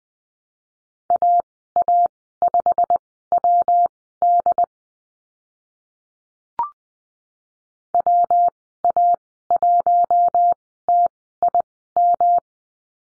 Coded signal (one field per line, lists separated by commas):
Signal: Morse code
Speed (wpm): 20 wpm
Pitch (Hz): 700 Hz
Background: none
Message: AA5WD WA1TIM